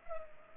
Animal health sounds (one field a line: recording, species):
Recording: mosquito wingbeat signal from an infrared sensor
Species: Culex pipiens